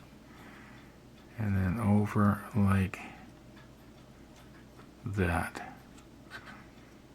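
A plastic model ship part is turned right side up and placed over its seat on the model while someone talks briefly, followed by quiet handling sounds. Nothing has seated or clicked into place yet.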